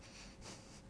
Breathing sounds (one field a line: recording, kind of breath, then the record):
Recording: one breath in and out by a microphone near the nose and mouth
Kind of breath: strong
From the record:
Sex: male